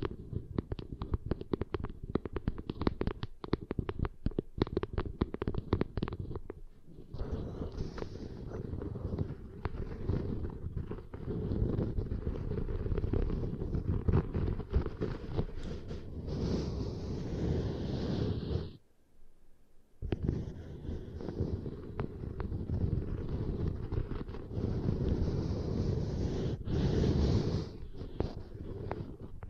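Ear extension triggers are worked, with dense scratching and rustling. The first seconds are crackly and clicky, then a thicker, steady rubbing takes over. It stops briefly around nineteen seconds before starting again.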